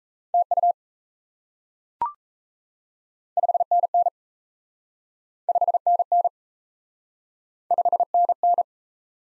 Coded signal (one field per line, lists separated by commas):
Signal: Morse code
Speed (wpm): 37 wpm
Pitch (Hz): 700 Hz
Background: none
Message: TU 5NN 5NN 5NN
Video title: Top 20 QSO Elements - Speed-Racing - 28wpm